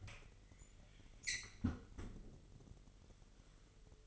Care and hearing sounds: daily activity, microphone in the room; close fridge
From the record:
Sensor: 4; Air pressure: 1002.9 hPa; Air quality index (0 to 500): 248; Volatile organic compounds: 19 ppm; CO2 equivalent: 2659 ppm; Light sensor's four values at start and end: 4/9/3/4 and 4/9/3/4

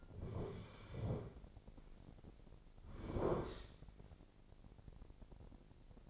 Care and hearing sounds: daily activity, microphone in the room; sit down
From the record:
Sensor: 5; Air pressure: 1009.3 hPa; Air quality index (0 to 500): 155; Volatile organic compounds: 2 ppm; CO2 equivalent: 1193 ppm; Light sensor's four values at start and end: 250/599/254/277 and 249/597/253/276

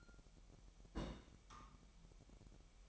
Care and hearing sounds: daily activity, microphone in the room; place on stove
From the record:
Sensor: 1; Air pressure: 1012.1 hPa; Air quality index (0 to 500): 223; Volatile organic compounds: 5 ppm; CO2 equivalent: 1785 ppm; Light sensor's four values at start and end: 75/177/76/81 and 75/177/76/81

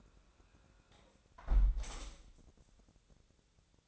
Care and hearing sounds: daily activity, microphone in the room; close window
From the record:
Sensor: 3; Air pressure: 1000.4 hPa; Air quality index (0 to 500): 160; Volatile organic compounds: 3 ppm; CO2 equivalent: 1387 ppm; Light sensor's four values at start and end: 13/34/13/15 and 13/34/13/15

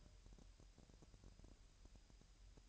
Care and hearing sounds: daily activity, microphone in the room; take from stove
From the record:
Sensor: 2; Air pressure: 1001.9 hPa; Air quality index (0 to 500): 243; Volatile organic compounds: 33 ppm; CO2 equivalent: 3023 ppm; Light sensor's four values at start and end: 5/11/4/4 and 5/11/4/4

